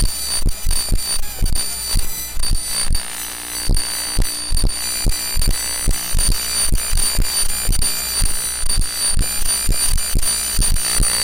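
Amplified electromagnetic noise from a phone: rapid, regular buzzing pulses several times a second over a steady high whine and low hum.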